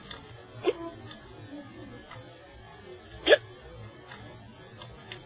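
Two abrupt, sharp hiccups from an adult, about two and a half seconds apart, over faint background noise.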